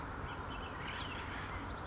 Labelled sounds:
Bullock's Oriole (Icterus bullockii)
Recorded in Sonoma County, California

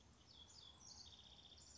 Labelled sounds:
House Wren (Troglodytes aedon)
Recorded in Sonoma County, California

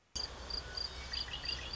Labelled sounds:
Red-winged Blackbird (Agelaius phoeniceus)
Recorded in Sonoma County, California

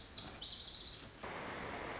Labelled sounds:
Lazuli Bunting (Passerina amoena)
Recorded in Sonoma County, California

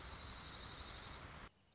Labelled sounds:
Dark-eyed Junco (Junco hyemalis)
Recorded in Sonoma County, California

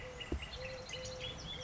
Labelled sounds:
Eurasian Collared Dove (Streptopelia decaocto)
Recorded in Sonoma County, California

